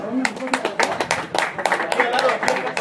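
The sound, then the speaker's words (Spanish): A group claps in a quick, uneven burst of applause during a comics trivia quiz, staying fairly loud for a few seconds, with some voices calling out underneath. “¡Un fuerte aplauso!”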